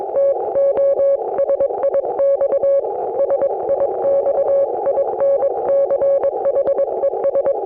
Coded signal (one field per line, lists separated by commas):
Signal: Morse code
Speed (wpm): 23 wpm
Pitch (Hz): 560 Hz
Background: none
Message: TO SIX SIX INCHES